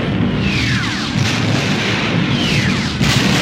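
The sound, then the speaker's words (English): A loud, continuous roar of rumbling explosions rolls on without a break, deep booms piling into one another while a few high whistling tones sweep downward over the din. “The blast started a chain reaction of internal explosions. Lando and Wedge raced ahead of the fireballs and finally shot out into the safety of space.”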